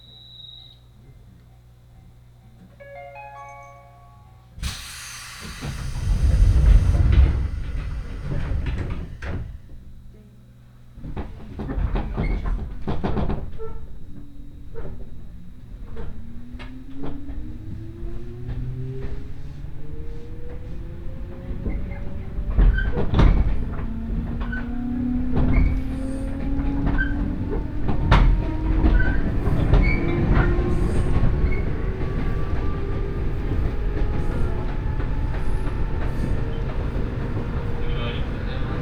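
A local train sets off, recorded from on board. A short chime rings in the first seconds, followed by a loud thump and rumble as the doors close. From about fifteen seconds, a motor whine climbs steadily in pitch as the train gains speed over clicking rail joints.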